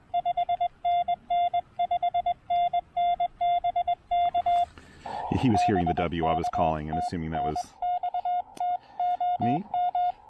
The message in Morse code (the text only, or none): 5NN 5NN BK BK TNX TOM